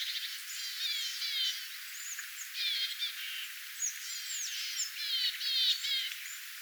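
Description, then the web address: Flock of small birds giving busy, overlapping twitters and buzzy chirp clusters, rising and falling in loudness without pause. Flock of small birds calling, recorded on 22 August 2025. "paivat 22 8 2025 pikkulintuparven aantelya"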